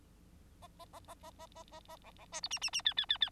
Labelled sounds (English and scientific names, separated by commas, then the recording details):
Bengalese Finch (Lonchura striata domestica) song
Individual Bird9